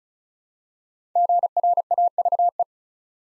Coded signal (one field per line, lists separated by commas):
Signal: Morse code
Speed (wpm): 36 wpm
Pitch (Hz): 700 Hz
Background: none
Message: GRAVE